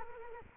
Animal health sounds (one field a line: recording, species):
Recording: mosquito wingbeat signal from an infrared sensor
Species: Culex quinquefasciatus